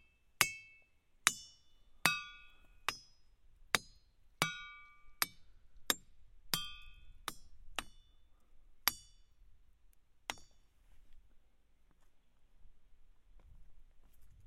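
A hammer strikes rocks about a dozen times, first at a steady pace of nearly one hit a second, then more sparsely before stopping around ten seconds. Many hits ring with bright, bell-like tones that linger, while later ones sound shorter and duller. A low rumble continues underneath.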